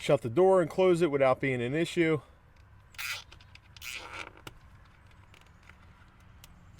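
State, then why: Seated. Someone talks, then a plastic cable zip tie is pulled tight through its self-adhesive cable mount, holding the dash cam cable along the door area. Its ratchet gives a run of small clicks at 3.3, 3.6, 3.8, 4.3 and 4.5 seconds. The tie ends locked in place.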